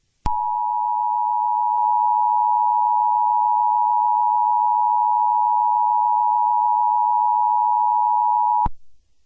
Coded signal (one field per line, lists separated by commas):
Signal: Emergency Alert System (SAME) tones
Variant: 853 and 960 Hz attention tone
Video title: The Pokemon Invasion 2 (A Valentine's Day EAS Scenario)